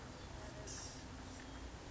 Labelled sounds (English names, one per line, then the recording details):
Blue-gray Gnatcatcher
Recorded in Sonoma County, California